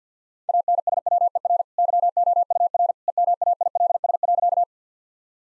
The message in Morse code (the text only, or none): ANSWER YOUR EMAILS.